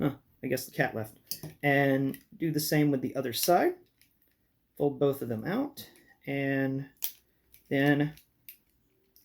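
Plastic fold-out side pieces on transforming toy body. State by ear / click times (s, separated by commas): seated / 8.5 s, 9.2 s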